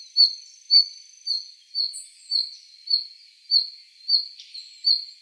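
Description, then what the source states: Red-flanked bluetail giving short, high, thin calls about twice a second over a steady high background hum. Recorded 21 November 2014.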